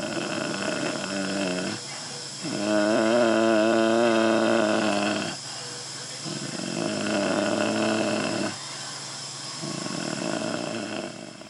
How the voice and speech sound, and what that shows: He's making a deep humming sound.